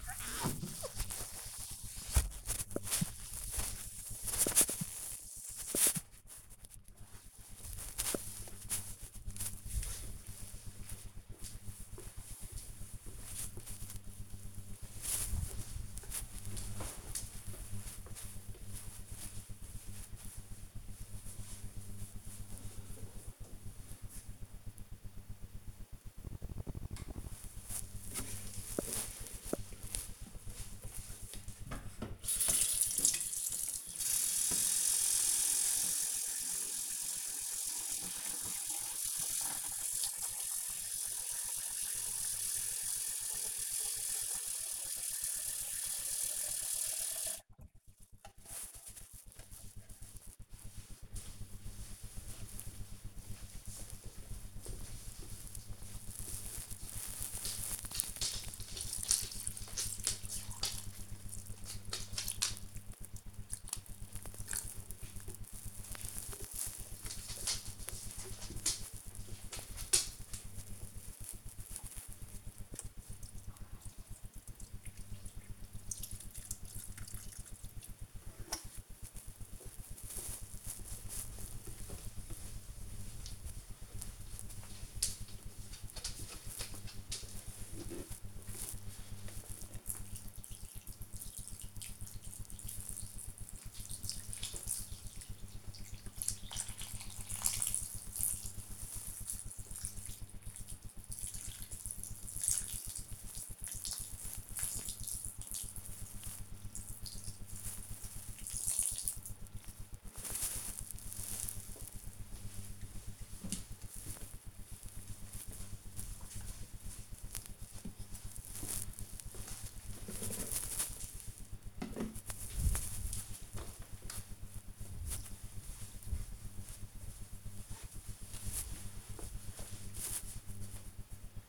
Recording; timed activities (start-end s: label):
household activities, microphone on the right wrist
0.00-7.27 s: window cleaning
26.39-109.96 s: watering plant